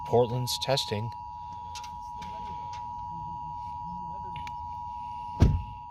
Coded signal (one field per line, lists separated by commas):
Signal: Emergency Alert System (SAME) tones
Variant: 853 and 960 Hz attention tone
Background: speech